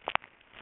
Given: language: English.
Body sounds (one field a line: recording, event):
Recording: throat vibration sensor signal played as sound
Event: swallow